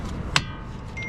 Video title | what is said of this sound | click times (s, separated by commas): How to replace front brake pads and rotors on 2000 2001 2002 2003 Toyota RAV4 | All right, looks like it clicked in. Cool. | 0.4 s